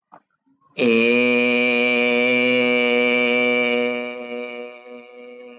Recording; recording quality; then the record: sustained vowel as in made; excellent, no background noise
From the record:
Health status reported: healthy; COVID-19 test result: not tested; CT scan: not taken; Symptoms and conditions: none ticked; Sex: male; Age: 47 years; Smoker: no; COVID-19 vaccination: both doses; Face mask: not worn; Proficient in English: yes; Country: India